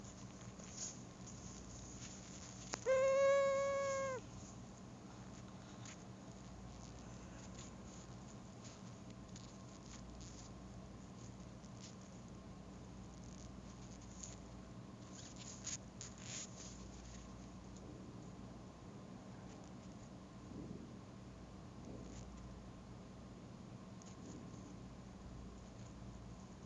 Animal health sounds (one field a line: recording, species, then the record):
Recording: mosquito flight sound by mobile phone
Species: Anopheles gambiae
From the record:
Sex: female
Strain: Kisumu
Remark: tethered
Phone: Google Nexus